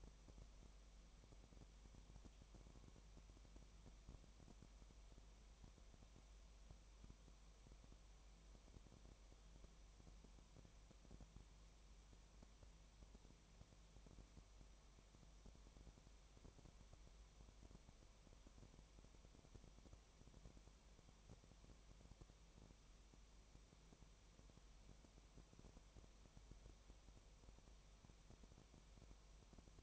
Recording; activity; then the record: daily activity, microphone in the room; no activity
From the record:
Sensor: 1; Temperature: 19.4 degrees Celsius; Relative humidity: 35.7%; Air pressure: 1003.3 hPa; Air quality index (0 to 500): 112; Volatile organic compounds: 2 ppm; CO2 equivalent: 1252 ppm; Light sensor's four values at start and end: 1/2/1/1 and 1/2/1/1